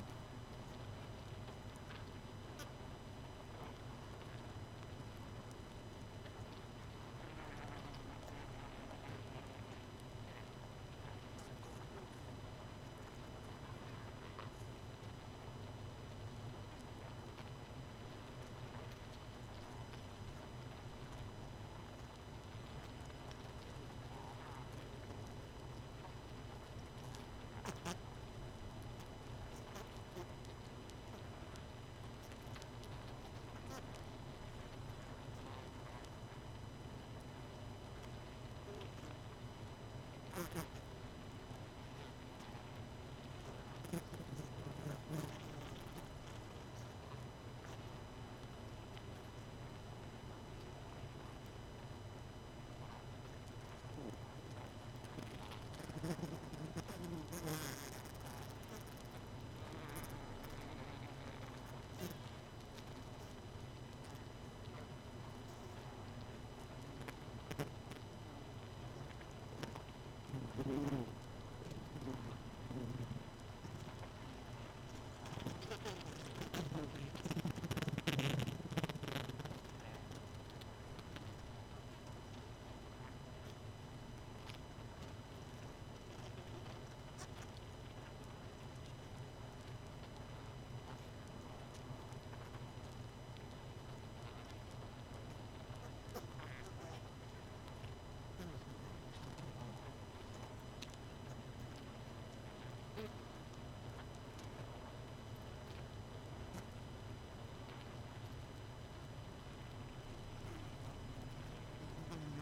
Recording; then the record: honeybee colony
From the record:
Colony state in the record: missing queen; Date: 31 May 2018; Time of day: 22:57